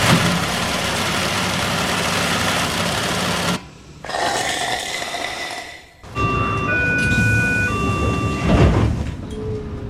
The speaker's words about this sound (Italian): Sono i suoni della vita di Inge, sessantenne, sposata da 30 anni e innamorata di suo marito. La macchina da cucire con la quale esegue in casa piccole riparazioni di sartoria, il ferro da stiro e poi il tram che la porta dai clienti